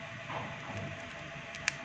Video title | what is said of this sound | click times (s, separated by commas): Apa yang dilakukan bila kantong stoma mulai bocor atau merembes? | nah sampai bunyi tek. Nah, berarti itu sudah siap untuk | 1.7 s